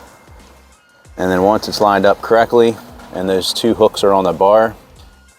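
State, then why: Not seated. The seat of a ComfyGo MS 3000 Plus folding mobility scooter is handled with its two hooks lined up on the frame crossbar, ready to be lowered so it snaps into place. After about a second of quiet background, someone talks through the rest of the clip. Nothing has seated or clicked yet.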